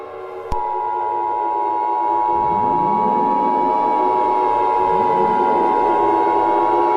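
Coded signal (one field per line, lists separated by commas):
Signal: Emergency Alert System (SAME) tones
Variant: 853 and 960 Hz attention tone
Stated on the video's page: Fictional EAS scenario, not a real alert.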